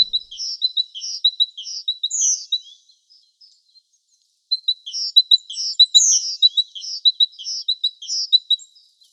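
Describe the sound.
Sparrow chirping, high bright notes in a rapid uneven series, a pause of about two seconds midway, then the chattering resumes.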